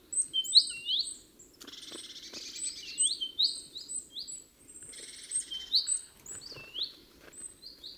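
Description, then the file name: Great tit: dense, busy sequences of high chirps and rising slurs over faint low background noise. "Parus major"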